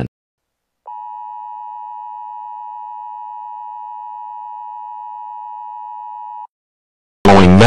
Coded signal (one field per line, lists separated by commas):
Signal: Emergency Alert System (SAME) tones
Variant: 853 and 960 Hz attention tone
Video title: Eas Scenario #3 (The Gamer Disease 3) The Aftermath